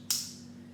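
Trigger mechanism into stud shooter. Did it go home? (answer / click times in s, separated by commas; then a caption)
yes / 0.1 s. A plastic trigger mechanism is pressed into a toy brick stud shooter from the Lego Marvel Ultimate Spider-Man set 76036, Carnage's SHIELD Sky Attack. A single sharp, bright click sounds at 0.1 s over a low, steady hum, then fades. The part clicks and seats into place, one of the two times it is fitted.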